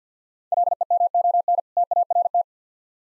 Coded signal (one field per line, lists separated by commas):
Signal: Morse code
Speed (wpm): 50 wpm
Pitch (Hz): 700 Hz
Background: none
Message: LEMON TART